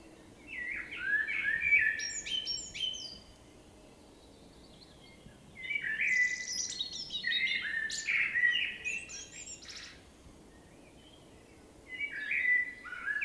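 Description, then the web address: Common blackbird song: three fluty, varied phrases mixed with high twitters, the middle one long and elaborate, separated by short pauses. "SETE data Turdus merula"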